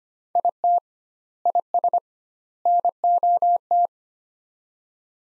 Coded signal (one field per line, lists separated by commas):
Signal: Morse code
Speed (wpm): 25 wpm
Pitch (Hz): 700 Hz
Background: none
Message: IT IS NOT